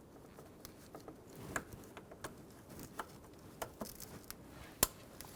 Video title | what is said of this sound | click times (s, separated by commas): How to Replace Engine Knock Sensor 2000-2007 Ford Focus | push until you hear a click if you don't pull back on it make sure it's locked on | 4.8 s